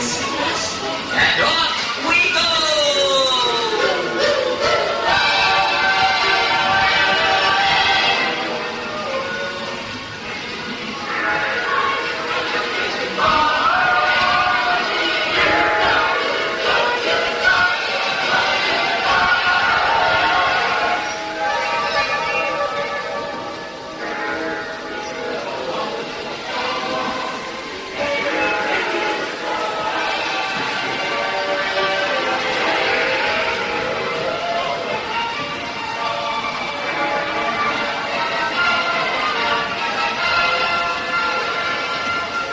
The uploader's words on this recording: A trip to Disneyland circa 1985. Joe made these recordings in 1985: Disneyland's 30th Anniversary...